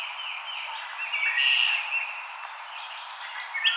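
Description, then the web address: Wood thrush song: liquid fluting notes overlapping with a few high, thin notes, over soft background hiss. Recorded 5 May 2007. "Wood Thrush 2007 05 05"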